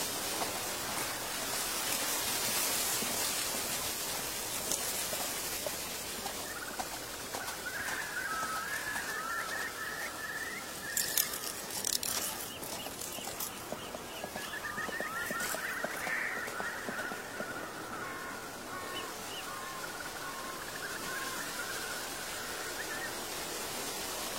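Birdsong rises over a steady rustling hiss, with strings of chirps starting around seven seconds and returning from about fifteen seconds to near the end. A cluster of dry crackling taps stands out around eleven to thirteen seconds, like stepping through fallen leaves.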